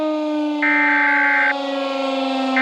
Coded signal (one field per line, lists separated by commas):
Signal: Emergency Alert System (SAME) tones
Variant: header bursts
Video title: (Wider USA) Mini EAS Scenario: Tartarus Blood Moon, Phase 1 (Disaster 1/3)